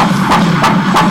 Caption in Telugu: బేబీ హార్ట్ బీట్.